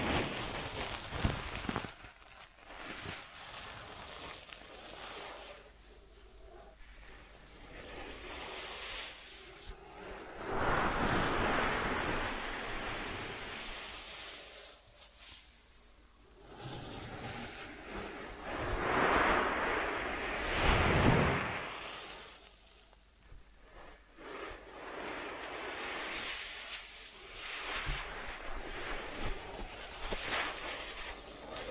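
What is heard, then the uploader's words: An ASMR ear treatment with rushing, hissy sounds that swell and fade in waves rather than staying steady. The louder surges come around 10–12, 19–21 and 27 seconds, with quieter gaps between, and the texture resembles surf or wind. ASMR 3D Brain Penetrating Ear Treatment.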